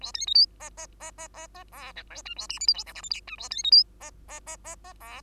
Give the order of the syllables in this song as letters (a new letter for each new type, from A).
A B C D E E E E E E F G H I A J K L M N O P Q I A B C D E E E E E F